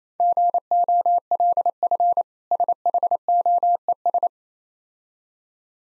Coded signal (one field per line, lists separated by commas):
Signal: Morse code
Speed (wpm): 27 wpm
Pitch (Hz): 700 Hz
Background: none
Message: GOLF SHOES